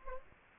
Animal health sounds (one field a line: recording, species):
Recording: mosquito wingbeat signal from an infrared sensor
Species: Anopheles gambiae